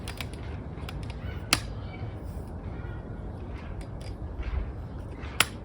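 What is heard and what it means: A crossbar is pushed down into a folding frame and snaps into place on the other side, locking onto the frame. Sharp clicks are heard at about 1.5 s and 5.4 s over low rumbling handling noise and a few faint taps. The frame is then assembled.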